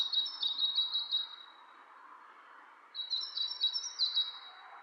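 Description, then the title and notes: Bird calls: a quick run of high, thin chirps, a pause of under two seconds, then another similar chirping burst, over a steady background hiss. Two birds interacting; lo-fi recording. "bird dialogs. lo-fi recording of two birds interacting"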